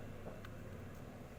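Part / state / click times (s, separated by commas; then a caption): plastic pump cover clip on air cooler water pump housing / seated / 0.4 s. A plastic clip on the pump cover of the cleaned water pump housing of a V-Guard Akidio F70 air cooler snaps closed with a small click at 0.4 s. The click stands out over steady low background rumble, and the cover locks into place.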